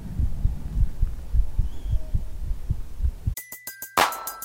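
Soft, muffled low thumps of a steady adult heartbeat, heard close up as if the head is held against the chest in an ASMR hug, for three seconds, then an advertisement jingle cuts in.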